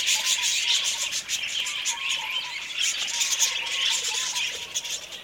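Budgerigars calling together, a steady wash of high-pitched twittering and scratchy chirping with soft lower warbles beneath.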